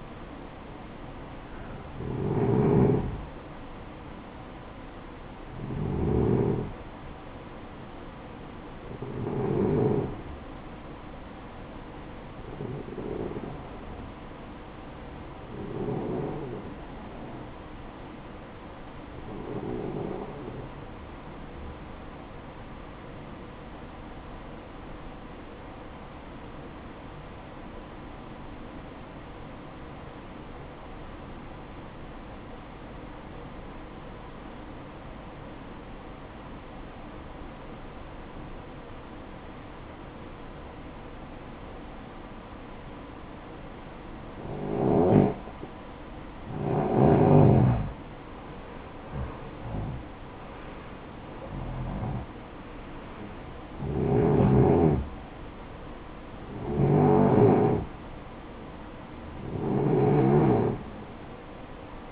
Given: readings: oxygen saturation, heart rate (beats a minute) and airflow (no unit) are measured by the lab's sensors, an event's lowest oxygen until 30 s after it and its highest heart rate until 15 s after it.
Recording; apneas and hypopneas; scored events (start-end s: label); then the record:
breathing in sleep by a voice recorder at the bedside; 1
26.00-44.30 s: obstructive apnea (N1, oxygen 95% highest, then 87% lowest, heart rate 59 at the start, 72 highest)
From the record:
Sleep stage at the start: N1 (lightest sleep); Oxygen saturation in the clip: 88 to 95%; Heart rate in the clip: 57 to 75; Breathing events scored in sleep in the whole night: 573 in 9.8 hours asleep